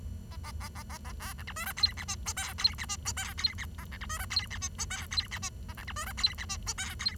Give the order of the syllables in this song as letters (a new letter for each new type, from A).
A A A A A A B C D E F G H I J K G H I J K G H A C D E F G H I J K G H I A C D E F G H I J K G